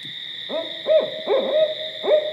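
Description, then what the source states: Barred owl hooting, a series of several deep, rounded hoots in quick succession, over a steady high electrical-sounding hum. Recorded on 13 October 2010.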